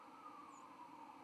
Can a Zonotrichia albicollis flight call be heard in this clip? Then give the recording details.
yes. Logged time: 09:28 on 31 October 2014